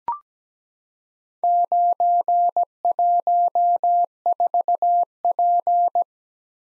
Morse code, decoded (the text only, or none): 914P